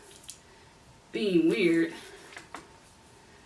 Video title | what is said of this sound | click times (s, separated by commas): Unboxing my Neewer Ring light!! 🙌🏽 | But honestly, all you do is unscrew this all the way, and then it'll snap into place like that. | 0.3 s